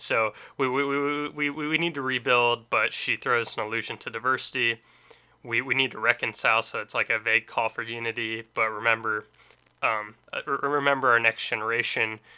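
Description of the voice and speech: An adult man speaks at a conversational pace, repeating the word "we" about seven times in a row before moving on. Later come another doubled "we," fillers, and a part-word repeat of "remember." These repetitions are typical of stuttering; he describes himself as stuttering and stammering.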